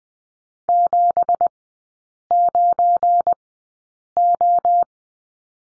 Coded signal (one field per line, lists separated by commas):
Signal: Morse code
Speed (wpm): 20 wpm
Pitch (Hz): 700 Hz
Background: none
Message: 79O